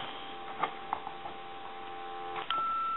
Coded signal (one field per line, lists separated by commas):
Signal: ZX Spectrum tape loading